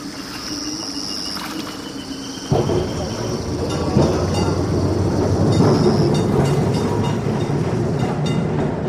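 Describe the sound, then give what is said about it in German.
A tram rolls along its rails with a steady low rumble that suddenly grows louder partway through, overlaid by a thin high metallic whine and scattered clacks from the wheels. “Und um sie herum wird gerannt, gelaufen, nach einem Platz in der nächsten Straßenbahn”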